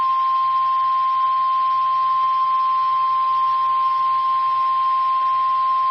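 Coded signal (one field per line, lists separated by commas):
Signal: Emergency Alert System (SAME) tones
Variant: 1050 Hz attention tone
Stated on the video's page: Valid EAS tones for a severe thunderstorm watch.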